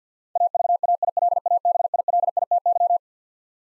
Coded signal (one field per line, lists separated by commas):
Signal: Morse code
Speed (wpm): 50 wpm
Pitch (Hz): 700 Hz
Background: none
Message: AVAILABILITY